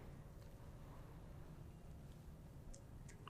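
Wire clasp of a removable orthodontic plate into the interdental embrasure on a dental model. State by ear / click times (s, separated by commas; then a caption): not seated / none. A removable orthodontic plate, a plastic base with wire clasps, is pressed onto a tooth model, with a steady low handling rumble and two faint brief ticks near 2.7 and 3.3 seconds. The plate sits tight, but the wire clasps have not clicked into the embrasures under the contact points, so the clasp still needs further adjustment.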